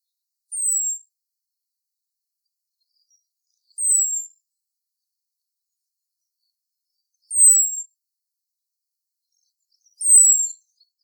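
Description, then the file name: Common blackbird calls: a thin, very high descending whistle, repeated four times about every three seconds against complete silence. "Turdus merula"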